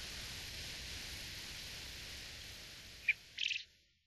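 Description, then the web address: Japanese quail giving a single call: a short sharp note followed after a brief pause by a rapid rasping trill, over steady hissing background noise. Recorded at Kitahiroshima on 14 August 2011. "koe uzura 110814 kitahiroshima namba"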